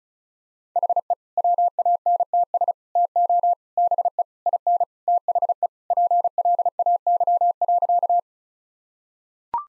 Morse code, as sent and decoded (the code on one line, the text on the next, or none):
.... . / .-- .- -. - ... / - --- / -... . / .. -. / - .... . / .--. .-.. .- -.-- .-.-.-
HE WANTS TO BE IN THE PLAY.